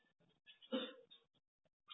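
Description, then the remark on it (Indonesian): A single deliberate throat clearing, a short rough rasp that swells to a peak and fades, followed by a couple of faint breathy bursts, with no talking. “Dia sengaja berdehem.”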